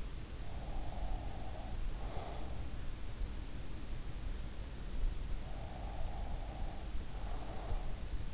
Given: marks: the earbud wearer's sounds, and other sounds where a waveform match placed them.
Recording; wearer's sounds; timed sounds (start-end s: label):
sounds in sleep by an in-ear microphone; breath
0.18-3.14 s: breath
5.22-8.34 s: breath